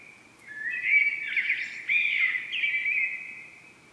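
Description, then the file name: Common blackbird song: one continuous mellow, warbling phrase lasting about three seconds, with brief higher flourishes. "Turdus merula"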